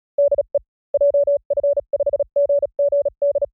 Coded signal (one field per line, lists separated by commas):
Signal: Morse code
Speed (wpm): 37 wpm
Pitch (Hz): 570 Hz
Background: none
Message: DE JF5GGD